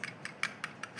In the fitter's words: ketika sudah masuk. Oke, klik.